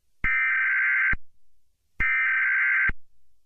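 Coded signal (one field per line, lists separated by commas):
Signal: Emergency Alert System (SAME) tones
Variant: header bursts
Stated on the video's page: Small fictional EAS scenario about an electrical attack.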